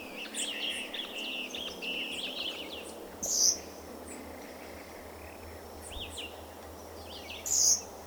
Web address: Euphonia violacea. صدای-پرنده-خوشخوان-بنفش-گون